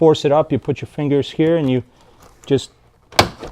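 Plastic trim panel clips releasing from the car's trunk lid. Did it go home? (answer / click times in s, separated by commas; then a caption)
released / 3.2 s. Someone talks as the plastic interior trunk-lid trim panel of a 9th-gen Honda Accord, held only by clips with no screws, is pulled up by hand with the fingers. After a quiet pause, the clips release with a sharp snap at 3.2 s and the panel comes loose.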